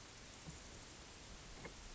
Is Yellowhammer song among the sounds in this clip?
no